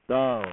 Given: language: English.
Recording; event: throat vibration sensor signal played as sound; speech